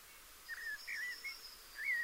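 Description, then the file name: Eurasian blackbird warbling a few fluted, slurred notes over a thin high twitter running through the phrase. "Turdus merula"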